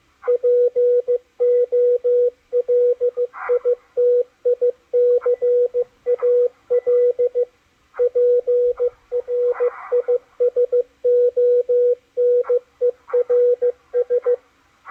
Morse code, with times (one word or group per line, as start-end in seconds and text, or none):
0.3-7.4 POLITICAL
8.0-14.3 PRISONERS